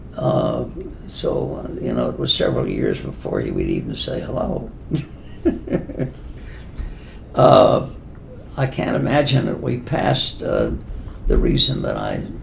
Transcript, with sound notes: So, you know, it was several years before he would even say hello. [laughs] I can’t imagine if we passed the reason that I,